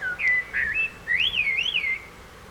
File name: Turdus merula